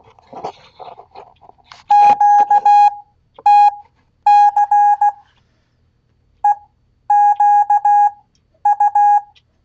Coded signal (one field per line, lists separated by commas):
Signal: Morse code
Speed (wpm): 16 wpm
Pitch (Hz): 820 Hz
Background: none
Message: QTC EQU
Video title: Ham Radio Live! #HRL 170 QSL Cards NEEDED 4 Brazilian Scouts SEE Description! Kenwood 590 Review Pt2